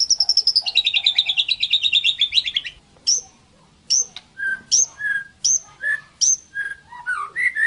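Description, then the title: White-rumped shama song: a rapid descending trill, a pause, then evenly spaced pairs of high and low whistled notes. Song used as a tutor recording (masteran) to train cage songbirds. "Masteran Murai Batu"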